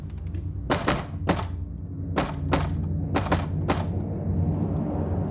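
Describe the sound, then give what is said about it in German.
Six sharp knocks on the wooden door of a small gate, struck in three pairs with short pauses between them, over a low steady background hum. “Dort klopfen Sie, nachdem es 3 geschlagen hat, so gegen das Türholz.”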